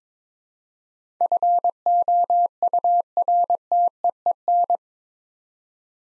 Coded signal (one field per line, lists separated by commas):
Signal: Morse code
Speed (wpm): 22 wpm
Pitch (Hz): 700 Hz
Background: none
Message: FOURTEEN